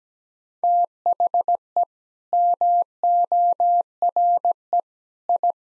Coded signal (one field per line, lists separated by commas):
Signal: Morse code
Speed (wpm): 17 wpm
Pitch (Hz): 700 Hz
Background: none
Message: THE MORE I